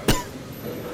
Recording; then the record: coughing mixed with background sound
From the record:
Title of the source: Coughing 51